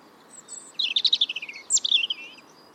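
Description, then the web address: European robin song: a rapid, trilled series of high notes falling in pitch, then a sharp high note leading into a wavering, liquid warble, against steady low noise. "Deverinetal 2025 File origin Bird Only Er Ru"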